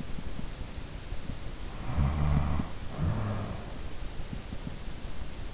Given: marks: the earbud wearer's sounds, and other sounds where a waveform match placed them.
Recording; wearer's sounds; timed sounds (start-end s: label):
sounds in sleep by an in-ear microphone; snoring breath
1.74-3.97 s: snoring breath